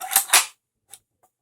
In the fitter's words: It's locked into place.